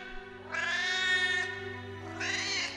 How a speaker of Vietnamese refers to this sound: Tiếng con mèo vọng lại xa dần rồi mất hút, trả lại màn đêm đen đặc phủ kín căn nhà cô mới mua.